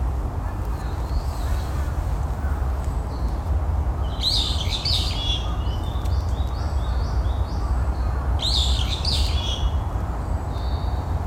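Spring birds call in two bright bursts of chirps near four and nine seconds, with short repeated notes between, over a steady low rumble.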